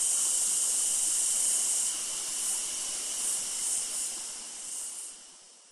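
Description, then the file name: Cicadas give a high, hissing buzz with gentle rhythmic pulses, the whole chorus gradually fading toward the end. Loud insects recorded close by in a summer forest beside a creek in Australia. "zapsplat. nature forest ambience summer creek close by loud insects cicada australia"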